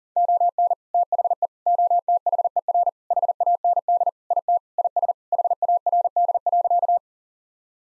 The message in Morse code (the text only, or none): ON THE OTHER HAND IT IS HARD.